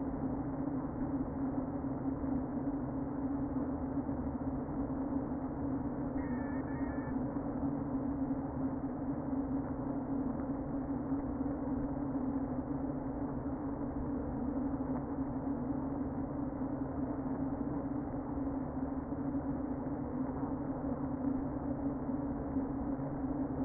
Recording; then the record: honeybee colony, microphone inside the hive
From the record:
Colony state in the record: queen present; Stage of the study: before two queens were removed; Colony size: about 60,000 bees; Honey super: yes